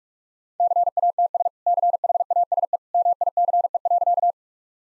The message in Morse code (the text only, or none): CATS CHASE MICE.